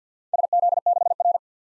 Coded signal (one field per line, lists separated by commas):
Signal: Morse code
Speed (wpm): 49 wpm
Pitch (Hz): 700 Hz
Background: none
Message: SZ6R